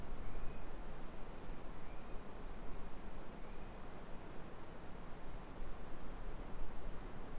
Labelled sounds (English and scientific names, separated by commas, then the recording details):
North Island Brown Kiwi (Apteryx mantelli) male call
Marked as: faintness 4/5
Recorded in New Zealand on 2 November 2013
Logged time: 20:59
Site CV71